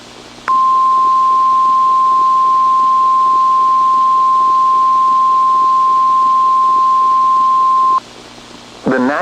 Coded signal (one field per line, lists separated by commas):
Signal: Emergency Alert System (SAME) tones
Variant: 1050 Hz attention tone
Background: speech